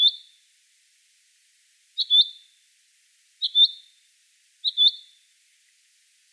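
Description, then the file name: Common chaffinch uttering high, crisp two-note calls at short, somewhat uneven intervals, with quiet between them. "Fringilla coelebs"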